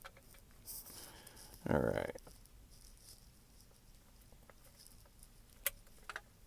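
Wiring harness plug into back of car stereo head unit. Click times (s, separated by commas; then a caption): 5.7 s. Someone talks while the first of three wiring harness connectors is pushed into the socket on the side/back of a double-DIN car stereo head unit for a 2005 Ford Escape DVD install. A sharp click at 5.7 s marks the plug latching into place, followed by a couple of faint ticks; the connector is seated.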